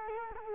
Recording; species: mosquito wingbeat signal from an infrared sensor; Culex quinquefasciatus